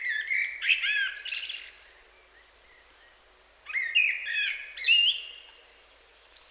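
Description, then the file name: Common blackbird singing two phrases, each a rich, fluty warble rising into a shrill, chattering flourish, separated by about two seconds of quiet. "Turdus merula"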